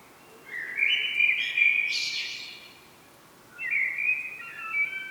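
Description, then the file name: Common blackbird giving mellow, fluty whistled phrases that hold steady then step in pitch, with a brief higher squeaky flourish, a pause, then another fluty phrase. "Turdus merula"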